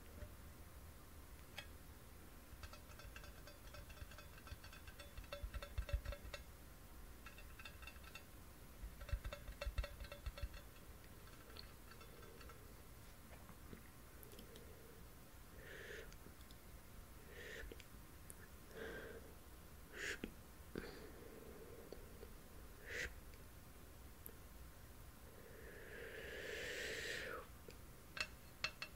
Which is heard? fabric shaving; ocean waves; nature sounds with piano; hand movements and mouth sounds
hand movements and mouth sounds